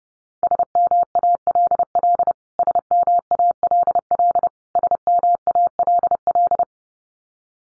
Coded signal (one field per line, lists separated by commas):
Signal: Morse code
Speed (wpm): 30 wpm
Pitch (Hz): 700 Hz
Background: none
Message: SMALL SMALL SMALL